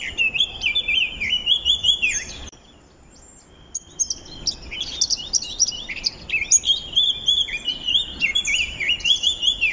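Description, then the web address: Eurasian blackcap warbling, quick high twittering with clear whistled notes, breaking off for about a second before continuing as a lively jumbled warble. "SETE Sylvia atricapilla"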